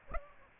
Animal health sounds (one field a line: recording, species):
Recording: mosquito wingbeat signal from an infrared sensor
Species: Aedes aegypti